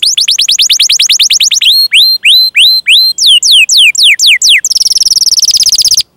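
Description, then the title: Canary song: a fast rolling trill, then several hooked upswept notes, then falling sweeps and a buzzy trill that stops abruptly. Canary singing vigorously (gacor) with its best song style (cengkok) and richest fill phrases (isian), used for bird-song training. "Kenari Gacor Cengkok Terbaik Isian Paling Mewah"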